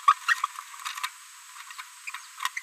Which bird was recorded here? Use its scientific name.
Forpus passerinus